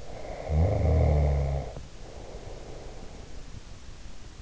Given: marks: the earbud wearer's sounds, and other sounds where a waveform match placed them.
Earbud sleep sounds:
sounds in sleep by an in-ear microphone; snoring breath
0.00-3.60 s: snoring breath

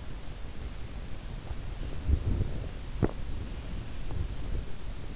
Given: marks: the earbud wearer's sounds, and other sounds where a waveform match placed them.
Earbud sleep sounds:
sounds in sleep by an in-ear microphone; body movement
1.42-5.16 s: body movement

